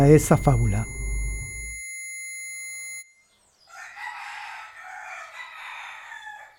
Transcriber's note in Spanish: Sonido de tinitus; Sonido de gallos, pajaritos, gallinas